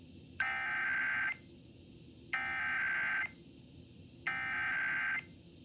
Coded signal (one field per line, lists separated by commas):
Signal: Emergency Alert System (SAME) tones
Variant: header bursts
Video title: EAS: Massachusetts RMT on WBZ-FM and Comcast (8/4/2026)